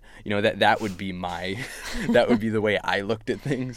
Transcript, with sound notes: You know, that would be my...
(LAUGHTER)
That would be the way I looked at things.